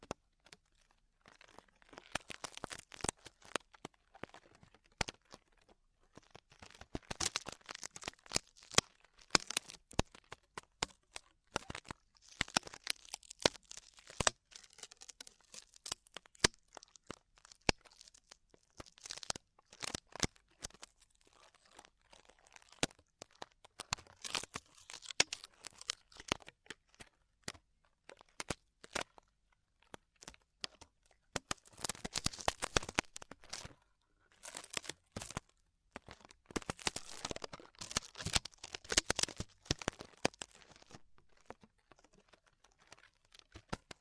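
Tingly ear exploration sounds made of dense, crackly crinkling and rustling, like material being rubbed and crumpled. The bursts come in irregular clusters with brief quiet gaps, bright and crisp throughout, growing busiest around the middle and again near the end.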